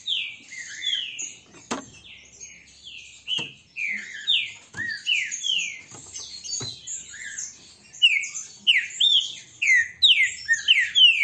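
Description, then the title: Green-winged saltator song: loud whistled phrases of down-slurred notes, delivered in quick rhythmic runs, with occasional sharp clicks in between. Song type labelled 'Voz 08'; the bird is described as a strong singer, 'peito de aço'. "Canto De Trinca Ferro Voz 08. ESSE CANTA FORTE, Trinca ferro PEITO DE AÇO"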